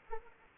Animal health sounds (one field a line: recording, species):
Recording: mosquito wingbeat signal from an infrared sensor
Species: Anopheles arabiensis